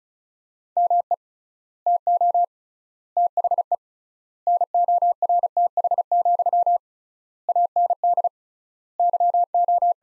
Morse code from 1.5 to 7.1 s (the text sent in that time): TO THE NORTH,